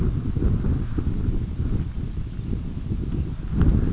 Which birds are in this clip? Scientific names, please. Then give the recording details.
none. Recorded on Arctic tundra, site UTQI-5, on 26 June 2018. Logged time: 20:00